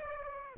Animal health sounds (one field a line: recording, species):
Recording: mosquito wingbeat signal from an infrared sensor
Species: Aedes aegypti